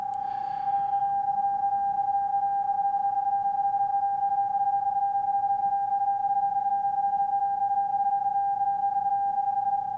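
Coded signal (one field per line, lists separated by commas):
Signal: PSK31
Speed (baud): 31.25 baud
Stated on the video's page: Morse from the Morse Koch CW Android training app demonstration.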